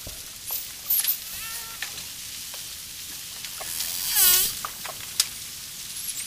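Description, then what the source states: Dolphin whistles with bright, stacked harmonics: a short one early on and a longer wavering whistle about two-thirds of the way through, with sporadic clicks and a hissing water background. Dolphin clicking and whistling, with water splashes.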